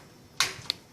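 A thin metal rear I/O shield for a motherboard is pressed by hand into the rectangular opening at the back of a desktop PC case, where it fits in by pressure. Two sharp snaps are heard at 0.4 s and 0.7 s, the first louder and longer, the second a brief tick. The shield is seated in the case opening.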